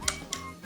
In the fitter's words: to turn the direction lock on lift the slider upwards until you hear a click